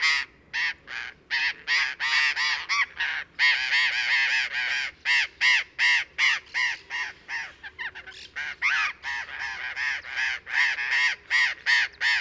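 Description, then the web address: Burrowing parrot screeching in dense series, harsh grating notes repeated rapidly and almost continuously. "parrots cyanoliseus-patagonus"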